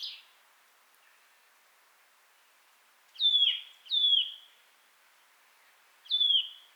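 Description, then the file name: Eurasian nuthatch calling: a brief note at the start, then a pair of downslurred whistles and another after a two-second pause. "Sitta europaea"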